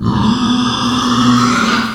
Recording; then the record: squeal of a Yucatan mini pig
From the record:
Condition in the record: after surgery on the right vocal fold (resection and tissue-engineered implant); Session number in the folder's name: 16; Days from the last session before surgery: 183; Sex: female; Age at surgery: 19 weeks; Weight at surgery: 25 kg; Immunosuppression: prednisolone